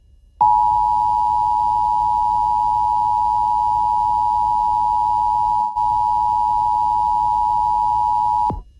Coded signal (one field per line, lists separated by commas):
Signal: Emergency Alert System (SAME) tones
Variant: 853 and 960 Hz attention tone